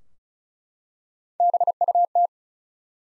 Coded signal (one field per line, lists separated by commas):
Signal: Morse code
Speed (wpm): 34 wpm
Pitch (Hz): 700 Hz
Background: none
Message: BUT